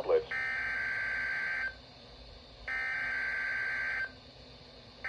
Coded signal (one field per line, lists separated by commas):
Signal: Emergency Alert System (SAME) tones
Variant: header bursts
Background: speech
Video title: NOAA Weather Radio - Severe Thunderstorm Warning [EAS #186] (6/2/22)